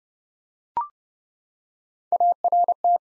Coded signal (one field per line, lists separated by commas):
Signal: Morse code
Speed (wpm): 30 wpm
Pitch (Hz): 700 Hz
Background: none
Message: ART